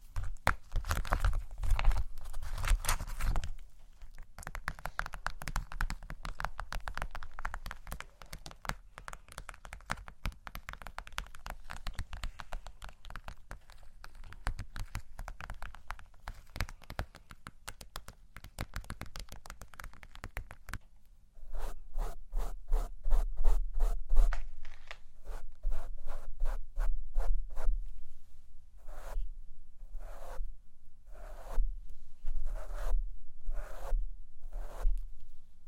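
A microphone is brushed and tapped. The first twenty seconds are dense, scratchy brushing with heavy low thumps near the start, then a sharper section follows of rapid, regular tapping in bursts, with short pauses between clusters toward the end.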